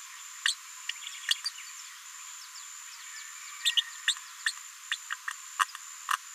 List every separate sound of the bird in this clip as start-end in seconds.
0.45-0.55, 1.28-1.34, 1.45-1.49, 4.46-4.51, 4.91-4.97, 5.10-5.14, 5.59-5.64, 6.09-6.15